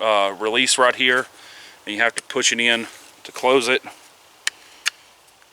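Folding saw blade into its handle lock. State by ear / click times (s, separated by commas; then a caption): seated / 4.9 s. Someone talks while pressing the push-button release to fold the eight- or nine-inch steel blade of a Bahco Laplander folding saw, which still has most of its coating, closed into its handle. After a sharp snap at about 4.5 s, a crisp click at 4.9 s marks the blade locking in place in the handle.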